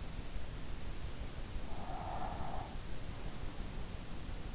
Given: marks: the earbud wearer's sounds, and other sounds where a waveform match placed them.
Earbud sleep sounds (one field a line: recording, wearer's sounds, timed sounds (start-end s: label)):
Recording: sounds in sleep by an in-ear microphone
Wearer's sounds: breath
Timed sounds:
1.30-3.25 s: breath